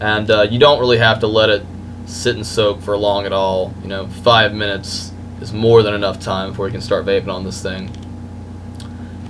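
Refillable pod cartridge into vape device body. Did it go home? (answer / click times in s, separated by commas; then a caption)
yes / 8.8 s. Someone talks, then a filled plastic refillable pod cartridge is pushed into the body of a Smok Infinix vape device. It snaps into place with one sharp click at 8.8 s, and the pod is seated.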